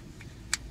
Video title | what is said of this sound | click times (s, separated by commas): Jurassic World Chaos Theory Happy Meal Unboxing - Parasaurolophus and Nasutoceratops | Snap mo lang siya ng ganyan ayan | 0.5 s